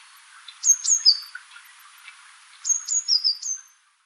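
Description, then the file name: Eurasian blue tit calls, two short groups of high, thin, downslurred notes starting about two seconds apart, over faint background hiss. "Cyanistes caeruleus"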